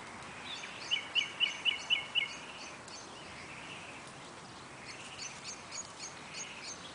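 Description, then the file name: Common nightingale delivering a run of five loud, evenly spaced high notes, then a fainter similar series, against steady background noise. "Luscinia megarhynchos"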